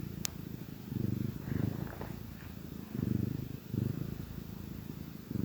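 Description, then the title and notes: Domestic cat purring in distinct low rumbling phrases separated by brief quieter gaps. Contented cat purring gently. "Cat Cafe Purr-Finale. the gentle purrs of a contented cat"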